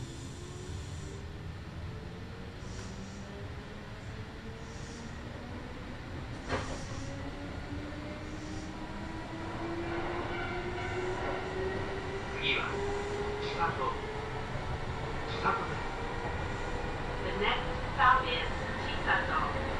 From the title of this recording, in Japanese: 近鉄名古屋線各駅停車 白子→津新町